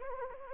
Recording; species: mosquito wingbeat signal from an infrared sensor; Anopheles arabiensis